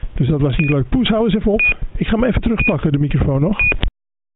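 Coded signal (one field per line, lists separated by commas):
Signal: none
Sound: radio courtesy beeps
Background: speech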